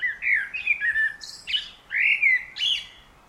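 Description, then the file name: Common blackbird song: two mellow warbled phrases, each closing with a high, thin squeak. "Turdus merula"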